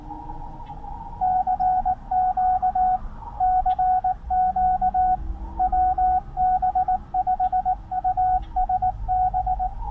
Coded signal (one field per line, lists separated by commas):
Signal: Morse code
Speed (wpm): 19 wpm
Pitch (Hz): 740 Hz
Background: radio noise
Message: CQ CQ WB5USB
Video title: CW / Morse Code Practice - Another Way to Let the CW Flow